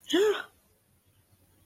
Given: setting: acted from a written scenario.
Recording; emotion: vocal sound without words; negative surprise